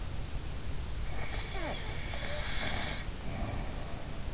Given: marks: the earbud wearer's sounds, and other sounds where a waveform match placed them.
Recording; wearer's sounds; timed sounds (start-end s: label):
sounds in sleep by an in-ear microphone; snoring breath
1.03-4.27 s: snoring breath